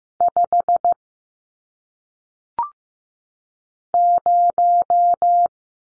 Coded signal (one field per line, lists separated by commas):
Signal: Morse code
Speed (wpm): 15 wpm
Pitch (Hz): 700 Hz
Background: none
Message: 5 0